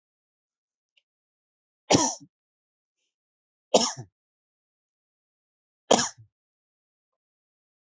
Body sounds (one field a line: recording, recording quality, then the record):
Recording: heavy voluntary cough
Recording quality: excellent, no background noise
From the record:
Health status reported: healthy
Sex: male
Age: 37 years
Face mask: not worn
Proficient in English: yes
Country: India